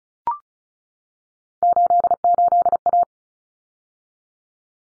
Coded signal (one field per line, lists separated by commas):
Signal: Morse code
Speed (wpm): 34 wpm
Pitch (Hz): 700 Hz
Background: none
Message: 88A